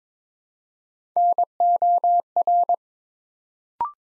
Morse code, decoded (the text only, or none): NOR